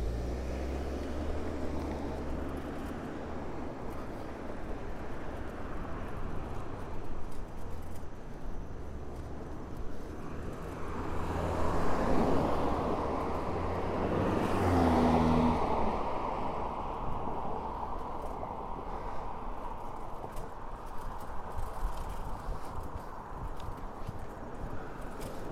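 A bike ride from Orchard Beach, with a steady rushing rumble of motion and road noise throughout. Around 11 to 16 seconds a vehicle passes, swelling louder and brighter before fading, with a brief low hum near 15 seconds. Traffic sounds continue faintly afterward.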